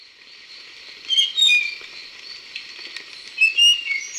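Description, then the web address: Spotted nightingale-thrush gives two short fluty phrases of sliding whistles, separated by a pause, over constant high-pitched buzzing background. Ecuador. "S America Birds of Ecuador. Spotted Nightingale-Thrush"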